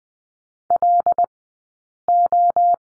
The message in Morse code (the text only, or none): LO